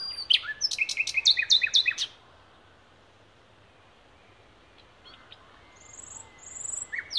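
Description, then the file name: Common nightingale song: a fast rhythmic series of repeated notes lasting about two seconds, then quiet with faint high whistles returning. "Luscinia megarhynchos"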